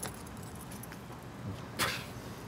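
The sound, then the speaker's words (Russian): A bunch of apartment keys being shown jingles with a bright metallic clink about two-thirds of the way through, after a few faint rattles, all over a steady low rumble of traffic. No one speaks. “Я обычно прошу, когда я там с кем-то встречаюсь, я прошу людей показать мне свои ключи. Вот, от квартиры. Ключи?”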